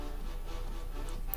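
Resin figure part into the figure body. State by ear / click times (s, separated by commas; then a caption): seated / 1.3 s. A resin part of a garage kit figure, the left one of two identical-looking parts, is test-fitted into its socket in the figure body against a steady background of music. It snaps into place with a sharp click at 1.3 seconds, seating like a plastic model part.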